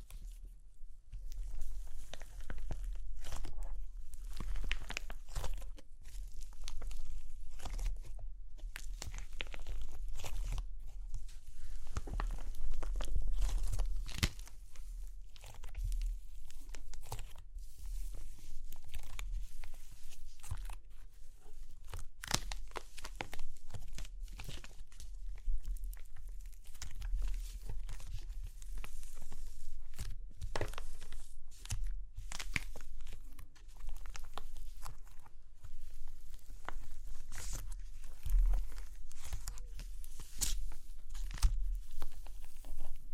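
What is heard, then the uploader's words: Crunchy clay cracking, with dense, irregular snaps and crackles packed close together throughout. Sharp bright crunches come in quick clusters over a steady low rumble, with sounds of tearing and crumbling mixed between the louder breaks. Super Crunchy Clay Cracking (No Talking).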